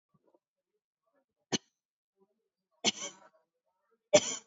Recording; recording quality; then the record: shallow voluntary cough; excellent, no background noise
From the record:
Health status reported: COVID-19 positive, mild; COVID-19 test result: positive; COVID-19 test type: RT-PCR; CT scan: taken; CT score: 9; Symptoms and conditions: cough, fatigue, muscle pain, loss of smell and taste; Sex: female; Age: 55 years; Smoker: no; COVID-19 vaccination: one dose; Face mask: worn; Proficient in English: yes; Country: India